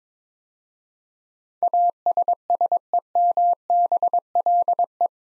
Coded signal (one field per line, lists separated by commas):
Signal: Morse code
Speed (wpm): 22 wpm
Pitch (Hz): 700 Hz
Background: none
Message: ASSEMBLE